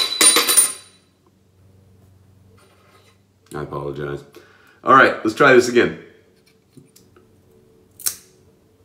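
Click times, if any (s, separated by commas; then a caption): 8.0 s. Someone talks, then the metal top cap is refitted over the blade on an adjustable Merkur Futur safety razor head set at 4, giving a sharp snap at 8.0 s. The cap is seated and snapped in place, clamping the blade, with the blade gap showing evenly on both sides.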